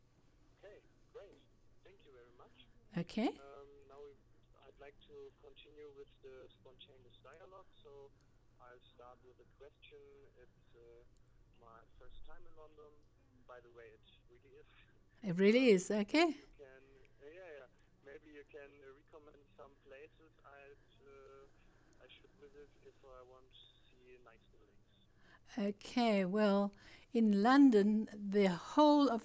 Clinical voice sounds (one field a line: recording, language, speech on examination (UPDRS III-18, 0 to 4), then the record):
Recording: conversation on a phone call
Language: English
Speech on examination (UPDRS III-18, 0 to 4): 0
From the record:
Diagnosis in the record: Parkinson's disease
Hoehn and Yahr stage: 2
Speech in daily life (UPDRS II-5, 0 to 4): 0